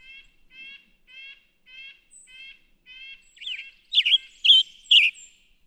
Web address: songs Western Tanager